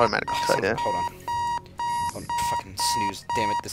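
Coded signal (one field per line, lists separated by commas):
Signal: none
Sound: game's bomb timer beeps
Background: speech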